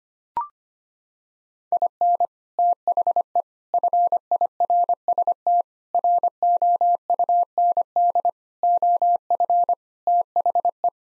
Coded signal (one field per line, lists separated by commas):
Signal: Morse code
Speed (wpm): 25 wpm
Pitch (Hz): 700 Hz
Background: none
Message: IN THE FIRST ROUND OF THE